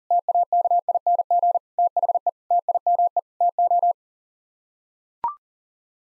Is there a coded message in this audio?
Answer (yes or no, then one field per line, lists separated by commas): yes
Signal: Morse code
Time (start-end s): 0.1-3.9 s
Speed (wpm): 40 wpm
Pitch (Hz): 700 Hz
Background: none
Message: TAKING THE TIME TO